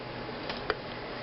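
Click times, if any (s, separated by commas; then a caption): 0.7 s. After the arm is turned and the fist flipped up, the plastic arm part of a Transformers Fall of Cybertron Bruticus robot toy (Decepticon Brawl) is pushed into its joint. A single sharp tick at 0.7 s, over a steady background hiss, marks it clicking into place, seated.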